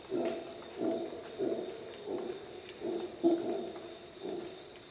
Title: Dawn in Costa Rica jungle - Howler monkey sounds